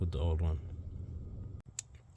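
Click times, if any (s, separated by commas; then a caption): 1.8 s. Someone talks as a new coolant temperature sensor on the engine housing of a GMC Acadia, Chevrolet, Buick or GM vehicle is turned to match the old sensor's angle, so its retaining clip will be easier to remove next time. The clip is then pushed back on, and one sharp click at 1.8 s shows it has snapped into place and is seated.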